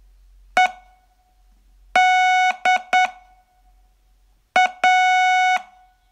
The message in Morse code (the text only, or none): EDA